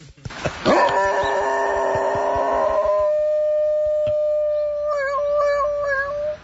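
A dog lets out a long, siren-like howl, holding a steady high wail for several seconds before the pitch starts to waver and warble near the end, after a short noisy burst at the start.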